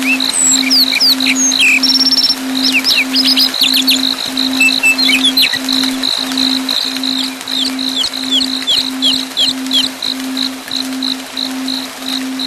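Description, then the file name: Lark song of quick whistled sweeps, chirps and a brief buzzy trill, over a steady high pulsing tone and a low continuous hum. Songs of the lark family, for training birds. "keluarga lark kreasi om ct. omkicau"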